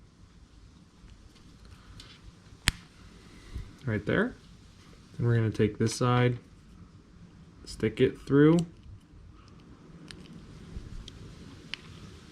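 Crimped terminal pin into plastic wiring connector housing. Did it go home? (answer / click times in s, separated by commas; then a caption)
yes / 11.7 s. Someone talks while a crimped terminal pin is pushed through the back of a plastic multi-pin Deutsch wiring connector housing, with a sharp tick near 2.7 s and faint ticks around 10.1–11.1 s. The terminal clicks and locks into place at 11.7 s, fully seated.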